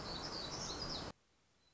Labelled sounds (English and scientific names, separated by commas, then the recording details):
Black-throated Gray Warbler (Setophaga nigrescens)
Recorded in Sonoma County, California